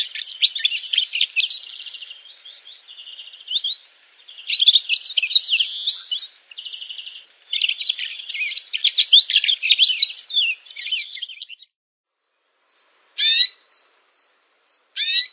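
Canary song with long fast rolling trills and warbled phrases, changing tempo, then sparse short high notes and sharp sweeps near the end.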